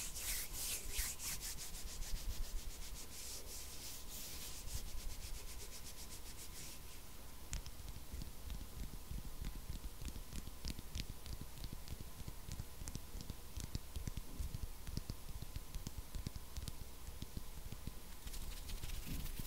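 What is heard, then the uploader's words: Intense hand sounds: dry rubbing and scratching that crackle steadily through the whole clip, with sharp little taps and clicks scattered densely throughout. The first seven seconds are brighter and hissier, then the texture turns more clicky and tapping. A faint steady tone hums underneath. INTENSE HAND SOUNDS ASMR NO TALKING.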